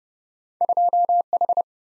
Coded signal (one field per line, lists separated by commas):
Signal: Morse code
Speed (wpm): 38 wpm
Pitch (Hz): 700 Hz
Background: none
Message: 2 H